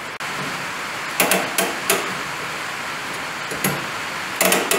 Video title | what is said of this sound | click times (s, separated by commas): PARKING BRAKE adjustment and ASSEMBLE REPAIR on IH Tractor ... Red Power! | So I'm going to check it right now. If I have 4 clicks, it's adjusted right. | 1.2 s, 1.3 s, 1.6 s, 1.9 s